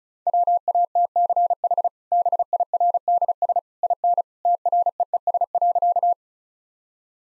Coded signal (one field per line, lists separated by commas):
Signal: Morse code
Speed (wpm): 36 wpm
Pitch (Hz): 700 Hz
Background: none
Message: WATCH BIRDS IN TREES.